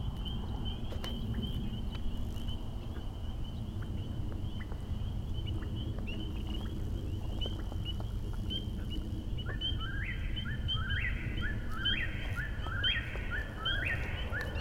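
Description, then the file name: Eastern whip-poor-will giving its rhythmic three-part whistled call, about one phrase a second, starting after a thin steady high whine, over a constant low rumbling background. Finzel, Maryland, USA, 10 June 2011. "Whip-poor-will calls Finzel MD 20110610"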